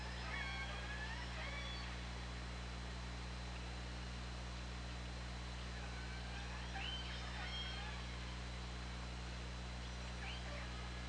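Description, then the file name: Killer whale calls: clusters of looping, warbled squeals near the start, around seven seconds and near the end, over a persistent low hum. OrcaLab hydrophone, 24 August 2017. "Orca Lab UTLN JASON 20170824 203547"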